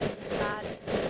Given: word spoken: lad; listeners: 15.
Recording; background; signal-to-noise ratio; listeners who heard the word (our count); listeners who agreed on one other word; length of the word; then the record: one English word in noise, from a listening test; noise modulated by three-talker babble; -4.7 dB; 0 of 15; 8 of 15; 0.70 s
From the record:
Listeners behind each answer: 8, 5, 1, 1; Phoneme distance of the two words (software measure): 10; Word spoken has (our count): 1 syllable, 3 phonemes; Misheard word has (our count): 1 syllable, 3 phonemes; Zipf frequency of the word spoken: 4.43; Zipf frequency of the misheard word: 5.56